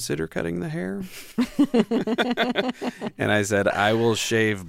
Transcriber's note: laughter